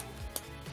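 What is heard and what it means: Plastic peg extensions on a Zuru Smashers Series 3 Epic Dino Egg toy dinosaur skeleton bone part are pushed hard into the skeleton's holes. A single short, sharp click sounds at 0.4 s over a steady low background. Only one side clicks in; the other side is not seated.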